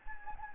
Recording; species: mosquito wingbeat signal from an infrared sensor; Anopheles gambiae